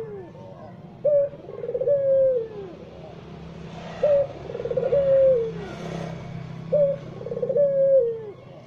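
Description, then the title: Barbary dove cooing: short clipped note followed by a longer rolling coo that slides down, three phrases every three seconds over a low hum and brief noise bursts. Released as a masteran training recording for songbirds; white Barbary dove (puter putih). "Kicau Mania Masteran Burung Puter Putih"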